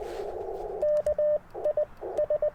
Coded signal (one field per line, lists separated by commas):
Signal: Morse code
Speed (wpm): 20 wpm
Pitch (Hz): 600 Hz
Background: radio noise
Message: KI S